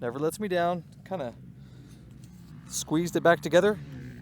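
Someone talks while handling the spark plug boot of a Suzuki RM250 two-stroke dirt bike, whose retention clip was squeezed back together with pliers after the boot kept coming on and off the spark plug. Two faint, brief taps are heard around 2.1 and 2.2 s between the speech. Nothing has seated or clicked onto the plug yet.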